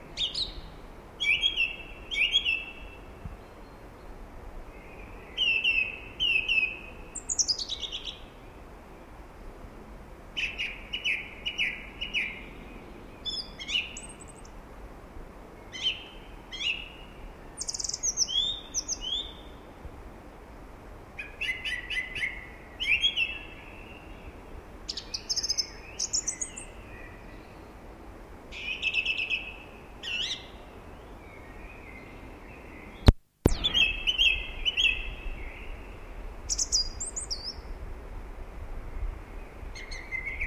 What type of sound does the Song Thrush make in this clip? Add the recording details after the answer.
song. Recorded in the wild. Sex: male. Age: adult. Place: Garmisch-Partenkirchen, Bayern, DE. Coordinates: 47.5194, 11.0806. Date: 1962-04-20. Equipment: Stellavox SM 5, Vorverstärker, Original, Vollspur. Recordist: Tretzel, Erwin. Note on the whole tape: Am Pflegersee: Männchen: Gesang "wit-wit-wit"